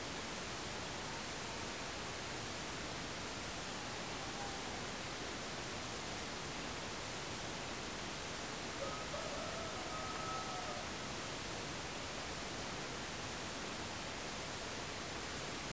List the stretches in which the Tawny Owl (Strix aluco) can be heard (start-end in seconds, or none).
4.19-4.57